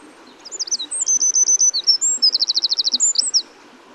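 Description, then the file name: Eurasian wren song, a loud high burst of rapid sharp notes with a clear trill in the middle, lasting about three seconds. "Troglodytes troglodytes"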